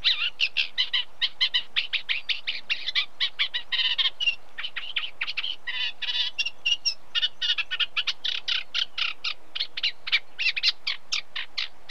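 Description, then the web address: Eurasian Reed Warbler song, a long, steady chatter of harsh, grating notes and repeated chirps, with a soft background hiss. Unmated male singing; British birds. "Sound Effects Library (British Birds) Reed Warbler song of unmated male with very distant cows"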